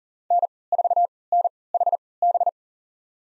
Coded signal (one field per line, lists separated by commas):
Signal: Morse code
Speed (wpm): 40 wpm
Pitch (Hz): 700 Hz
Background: none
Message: N4NHB